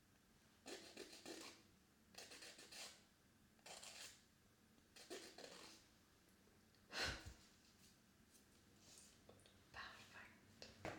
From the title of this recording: Painting My Nails